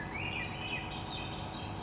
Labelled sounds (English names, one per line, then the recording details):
Swainson's Thrush
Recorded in Sonoma County, California